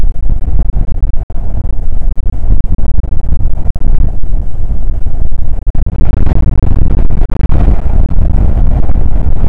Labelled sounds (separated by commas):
wind